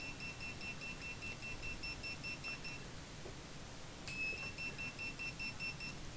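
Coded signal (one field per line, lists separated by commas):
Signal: pager alert tone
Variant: restaurant pager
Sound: rapid high-pitched beeping for about three seconds, a pause, then more rapid beeps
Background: low background rumble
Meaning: The pager is being called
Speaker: okay so that's receive and transmit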